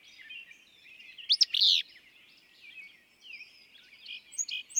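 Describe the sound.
Willow flycatcher giving one strong, sneezy, buzzy phrase early on, followed by soft twittering and whistles from other birds.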